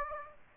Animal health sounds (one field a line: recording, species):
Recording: mosquito wingbeat signal from an infrared sensor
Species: Aedes aegypti